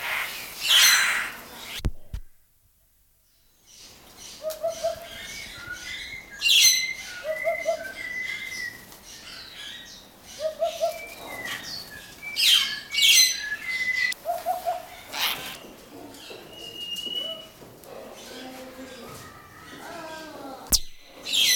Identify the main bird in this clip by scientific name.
Upupa epops